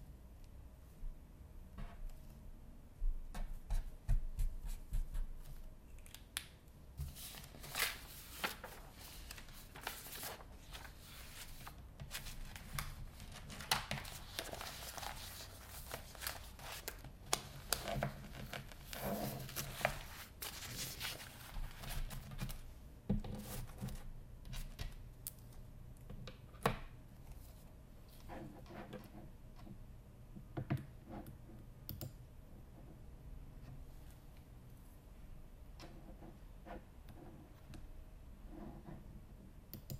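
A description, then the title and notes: Clicking and papery rustling come in bursts of short, sharp taps and scrapes, busiest from about 7 to 22 seconds, then thinning out. A low, steady hum runs underneath throughout, and a few isolated clicks stand out near 27 and 32 seconds. ASMR Office [ROLEPLAY] Typing, Paper, Clicking sounds.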